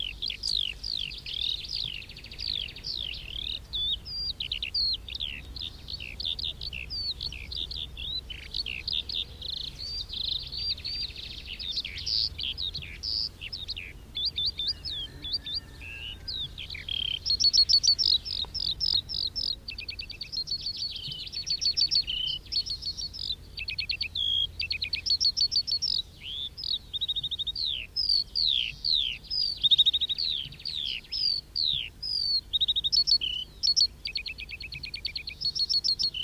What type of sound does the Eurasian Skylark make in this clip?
song